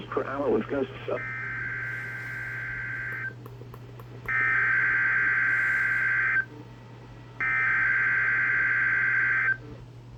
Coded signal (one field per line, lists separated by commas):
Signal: Emergency Alert System (SAME) tones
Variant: header bursts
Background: speech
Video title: EAS #2: Severe Thunderstorm Watch